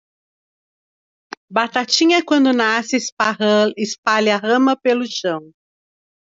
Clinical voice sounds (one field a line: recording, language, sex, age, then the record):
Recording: short text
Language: Brazilian Portuguese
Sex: female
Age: 50 to 59 years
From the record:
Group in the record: control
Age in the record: 58 years